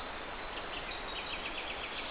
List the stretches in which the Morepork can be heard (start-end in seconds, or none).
none